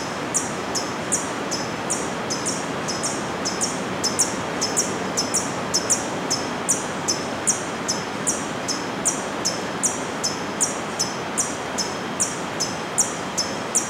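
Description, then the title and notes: Hummingbird calls: sharp, very high chips repeated about two or three times per second, steady throughout, over a constant broad background hiss. Soundscape recorded in the afternoon on a farm in Boquete, Chiriquí, Panama. "COLIBRI. Paisaje sonoro , Boquete chiriqui , grabación en horas de la tarde"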